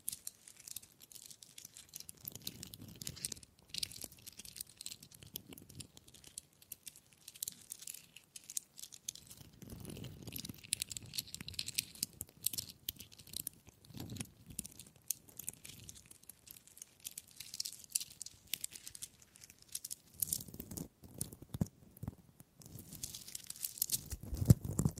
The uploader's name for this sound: Wood Triggers